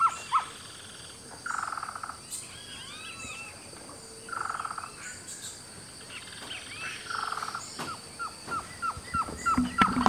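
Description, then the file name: Surucua trogon song, short hooted notes in a quick series near the end, mixed with bursts of other bird calls. "canto do surucua variado"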